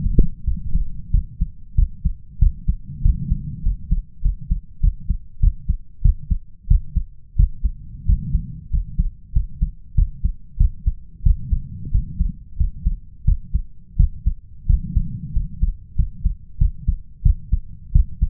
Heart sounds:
heart sounds by stethoscope; 93 bpm
0.43 s: heartbeat
1.10 s: heartbeat
1.74 s: heartbeat
2.38 s: heartbeat
3.01 s: heartbeat
3.62 s: heartbeat
4.21 s: heartbeat
4.80 s: heartbeat
5.39 s: heartbeat
6.01 s: heartbeat
6.67 s: heartbeat
7.35 s: heartbeat
8.05 s: heartbeat
8.69 s: heartbeat
9.32 s: heartbeat
9.94 s: heartbeat
10.57 s: heartbeat
11.22 s: heartbeat
11.90 s: heartbeat
12.56 s: heartbeat
13.24 s: heartbeat
13.96 s: heartbeat
14.66 s: heartbeat
15.32 s: heartbeat
15.95 s: heartbeat
16.57 s: heartbeat
17.22 s: heartbeat
17.92 s: heartbeat
From the record:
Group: healthy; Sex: male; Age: 21 years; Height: 180 cm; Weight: 67.5 kg

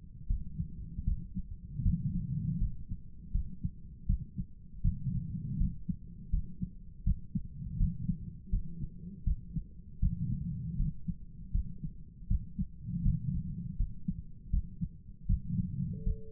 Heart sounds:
heart sounds by stethoscope; 80 bpm
0.27 s: heartbeat
1.04 s: heartbeat
1.82 s: heartbeat
2.58 s: heartbeat
3.31 s: heartbeat
4.06 s: heartbeat
4.81 s: heartbeat
5.57 s: heartbeat
6.30 s: heartbeat
7.04 s: heartbeat
7.77 s: heartbeat
8.50 s: heartbeat
9.24 s: heartbeat
9.99 s: heartbeat
10.76 s: heartbeat
11.51 s: heartbeat
12.27 s: heartbeat
13.02 s: heartbeat
13.77 s: heartbeat
14.50 s: heartbeat
15.26 s: heartbeat
16.03 s: heartbeat
From the record:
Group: healthy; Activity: rest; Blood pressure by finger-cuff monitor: 108/71 mmHg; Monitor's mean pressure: 83 mmHg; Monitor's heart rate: 81 bpm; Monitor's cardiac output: 7.9 L/min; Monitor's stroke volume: 99 mL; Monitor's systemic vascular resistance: 760 dyn s/cm5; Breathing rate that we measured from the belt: 22 breaths a minute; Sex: male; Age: 57 years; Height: 188 cm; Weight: 106 kg

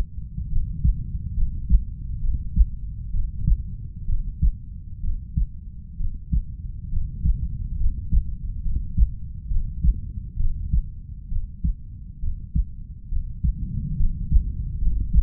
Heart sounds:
heart sounds by stethoscope; 67 bpm
0.48 s: heartbeat
1.34 s: heartbeat
2.20 s: heartbeat
3.10 s: heartbeat
4.05 s: heartbeat
5.00 s: heartbeat
5.97 s: heartbeat
6.89 s: heartbeat
7.77 s: heartbeat
8.62 s: heartbeat
9.47 s: heartbeat
10.36 s: heartbeat
11.28 s: heartbeat
12.20 s: heartbeat
13.09 s: heartbeat
13.96 s: heartbeat
14.78 s: heartbeat
From the record:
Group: healthy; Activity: rest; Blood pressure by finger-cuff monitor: 123/62 mmHg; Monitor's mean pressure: 79 mmHg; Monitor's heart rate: 67 bpm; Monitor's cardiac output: 5.8 L/min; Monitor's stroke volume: 86 mL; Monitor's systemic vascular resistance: 1000 dyn s/cm5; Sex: female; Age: 32 years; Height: 168 cm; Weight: 61.9 kg

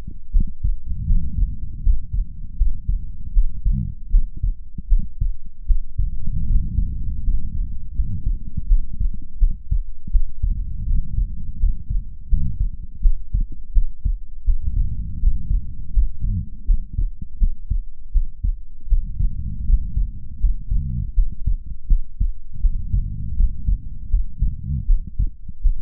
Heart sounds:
heart sounds by stethoscope; 81 bpm
0.30 s: heartbeat
1.05 s: heartbeat
1.81 s: heartbeat
2.55 s: heartbeat
3.31 s: heartbeat
4.09 s: heartbeat
4.87 s: heartbeat
5.65 s: heartbeat
6.45 s: heartbeat
7.21 s: heartbeat
7.93 s: heartbeat
8.66 s: heartbeat
9.37 s: heartbeat
10.10 s: heartbeat
10.85 s: heartbeat
11.57 s: heartbeat
12.27 s: heartbeat
13.00 s: heartbeat
13.71 s: heartbeat
14.43 s: heartbeat
15.17 s: heartbeat
15.91 s: heartbeat
16.64 s: heartbeat
17.37 s: heartbeat
18.11 s: heartbeat
18.87 s: heartbeat
19.64 s: heartbeat
20.38 s: heartbeat
21.12 s: heartbeat
21.86 s: heartbeat
22.59 s: heartbeat
23.34 s: heartbeat
24.08 s: heartbeat
24.84 s: heartbeat
25.60 s: heartbeat
From the record:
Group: healthy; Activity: rest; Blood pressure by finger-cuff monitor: 95/57 mmHg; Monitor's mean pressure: 71 mmHg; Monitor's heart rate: 81 bpm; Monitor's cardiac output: 6.6 L/min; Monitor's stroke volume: 82 mL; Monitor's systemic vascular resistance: 760 dyn s/cm5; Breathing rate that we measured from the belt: 14 breaths a minute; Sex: female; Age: 26 years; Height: 165 cm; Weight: 55 kg

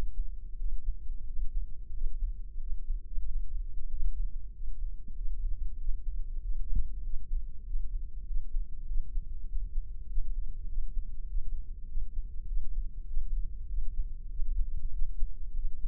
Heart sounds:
heart sounds by microphone in the left ear; 96 bpm
0.60 s: heartbeat
1.28 s: heartbeat
1.95 s: heartbeat
2.62 s: heartbeat
3.27 s: heartbeat
3.91 s: heartbeat
4.54 s: heartbeat
5.17 s: heartbeat
5.80 s: heartbeat
6.43 s: heartbeat
7.05 s: heartbeat
7.67 s: heartbeat
8.28 s: heartbeat
8.89 s: heartbeat
9.49 s: heartbeat
10.10 s: heartbeat
10.70 s: heartbeat
11.30 s: heartbeat
11.90 s: heartbeat
12.49 s: heartbeat
13.09 s: heartbeat
13.70 s: heartbeat
14.32 s: heartbeat
14.94 s: heartbeat
15.57 s: heartbeat
From the record:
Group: healthy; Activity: Valsalva maneuver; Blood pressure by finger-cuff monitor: 143/88 mmHg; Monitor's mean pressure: 101 mmHg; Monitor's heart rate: 96 bpm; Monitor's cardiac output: 6.8 L/min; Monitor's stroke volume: 71 mL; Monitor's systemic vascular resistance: 1080 dyn s/cm5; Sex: male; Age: 21 years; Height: 175 cm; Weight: 72.6 kg

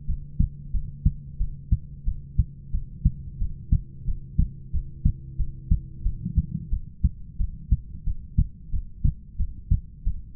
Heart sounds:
heart sounds by stethoscope; 90 bpm
0.07 s: heartbeat
0.72 s: heartbeat
1.39 s: heartbeat
2.06 s: heartbeat
2.72 s: heartbeat
3.39 s: heartbeat
4.06 s: heartbeat
4.72 s: heartbeat
5.38 s: heartbeat
6.04 s: heartbeat
6.71 s: heartbeat
7.38 s: heartbeat
8.05 s: heartbeat
8.72 s: heartbeat
9.38 s: heartbeat
10.05 s: heartbeat
From the record:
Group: heart failure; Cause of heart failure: ischemic heart disease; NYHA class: 1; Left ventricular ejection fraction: 38%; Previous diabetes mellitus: present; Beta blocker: bisoprolol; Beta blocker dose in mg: 15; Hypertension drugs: sacubitril-valsartan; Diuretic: furosemide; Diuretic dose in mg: 20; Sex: male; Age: 33 years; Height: 172 cm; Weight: 78.5 kg

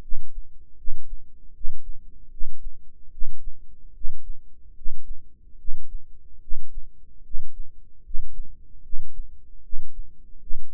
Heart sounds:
heart sounds by microphone in the right ear; 75 bpm
0.00 s: heartbeat
0.76 s: heartbeat
1.52 s: heartbeat
2.29 s: heartbeat
3.10 s: heartbeat
3.92 s: heartbeat
4.74 s: heartbeat
5.56 s: heartbeat
6.39 s: heartbeat
7.22 s: heartbeat
8.02 s: heartbeat
8.81 s: heartbeat
9.61 s: heartbeat
10.38 s: heartbeat
From the record:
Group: healthy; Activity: rest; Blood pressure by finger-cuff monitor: 108/61 mmHg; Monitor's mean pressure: 74 mmHg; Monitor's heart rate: 73 bpm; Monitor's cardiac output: 7.6 L/min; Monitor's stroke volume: 103 mL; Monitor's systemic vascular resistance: 710 dyn s/cm5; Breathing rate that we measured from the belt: 20 breaths a minute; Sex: male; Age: 35 years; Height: 180 cm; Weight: 86.9 kg

